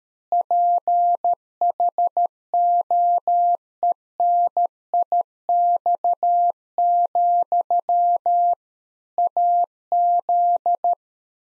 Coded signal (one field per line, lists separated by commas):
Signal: Morse code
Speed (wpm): 13 wpm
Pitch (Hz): 700 Hz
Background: none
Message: PHOENIX, AZ